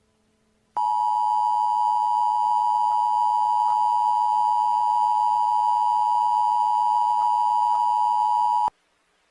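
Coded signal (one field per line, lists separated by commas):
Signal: Emergency Alert System (SAME) tones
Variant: 853 and 960 Hz attention tone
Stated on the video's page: Fictional EAS scenario remake.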